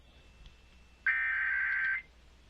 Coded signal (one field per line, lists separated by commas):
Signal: Emergency Alert System (SAME) tones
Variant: header bursts